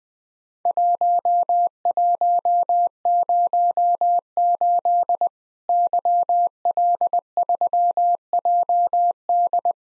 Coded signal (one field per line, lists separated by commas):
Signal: Morse code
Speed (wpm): 20 wpm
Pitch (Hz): 700 Hz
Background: none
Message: 1108 YL3JD